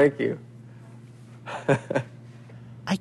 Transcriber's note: soundbite of laughter